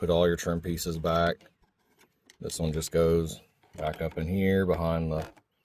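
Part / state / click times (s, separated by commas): interior trim piece into car door panel behind door handle / not seated / none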